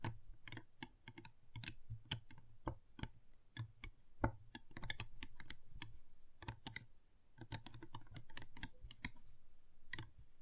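Magnetic tingle sounds come through as sharp, bright clicks and snaps in uneven bursts, rather like rapid typing. The clicks bunch into dense flurries around the middle and again after a short lull near seven seconds, over a faint low hum.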